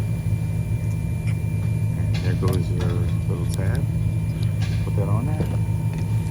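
A windshield wiper blade's plastic adapter is handled and lined up to go onto the metal wiper arm hook of a 2018 Toyota Highlander while someone talks over a steady low hum. A few light handling knocks are heard, but nothing has snapped or seated yet by the end of the clip.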